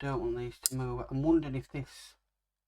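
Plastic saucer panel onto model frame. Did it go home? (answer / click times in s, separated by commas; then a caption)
no / none. A plastic saucer hull panel is handled and pressed toward the frame of a partwork starship model, the Enterprise D, while someone talks. There is a brief sharp tick near 0.65 s and a soft hiss near 2.0 s, but nothing has seated or clicked yet.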